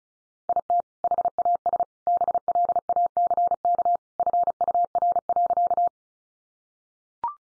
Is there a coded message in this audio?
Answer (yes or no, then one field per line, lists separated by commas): yes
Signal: Morse code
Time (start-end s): 0.5-5.9 s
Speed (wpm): 34 wpm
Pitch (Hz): 700 Hz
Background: none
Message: IT HAS BLACK FUR.